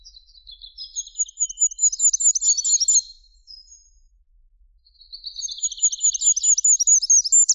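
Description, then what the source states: Goldcrest song: very high, thin, rapidly repeated modulated notes in two bursts, the first lasting about three seconds, the second starting after a short pause. Song described as lasting a few seconds, a repetition of identical modulated syllables.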